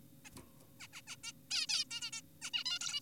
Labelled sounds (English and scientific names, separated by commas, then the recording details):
Zebra Finch (Taeniopygia guttata)
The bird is an adult
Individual g4p5U